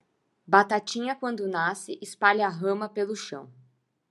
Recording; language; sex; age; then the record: short text; Brazilian Portuguese; female; 30 to 39 years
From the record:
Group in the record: control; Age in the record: 30 years